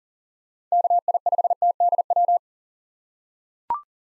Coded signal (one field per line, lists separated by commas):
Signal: Morse code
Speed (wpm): 40 wpm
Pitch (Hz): 700 Hz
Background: none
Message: KI5TDW